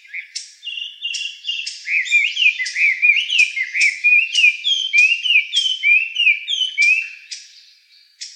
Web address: birdenaga gabityou 161110